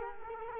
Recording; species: mosquito wingbeat signal from an infrared sensor; Culex quinquefasciatus